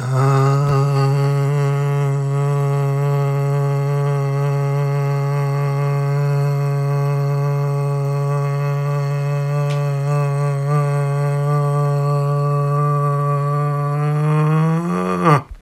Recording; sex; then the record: sustained vowel /a/; male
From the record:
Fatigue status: fatigue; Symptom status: symptomatic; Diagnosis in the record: COVID-19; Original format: m4a